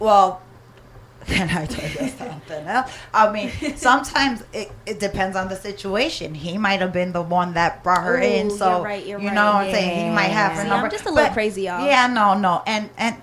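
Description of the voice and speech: A woman speaks casually in fluent, ordinary conversational speech with steady voicing and normal pauses in a small room.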